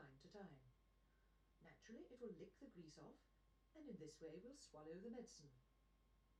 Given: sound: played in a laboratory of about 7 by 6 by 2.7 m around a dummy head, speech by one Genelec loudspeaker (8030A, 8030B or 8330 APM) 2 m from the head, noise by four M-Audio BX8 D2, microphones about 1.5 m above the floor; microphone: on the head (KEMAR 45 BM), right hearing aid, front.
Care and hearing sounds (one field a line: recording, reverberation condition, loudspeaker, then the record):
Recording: female speech in English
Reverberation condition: low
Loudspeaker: 60 degrees to the left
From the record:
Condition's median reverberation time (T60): about 310 ms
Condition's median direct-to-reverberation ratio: about 3.5 dB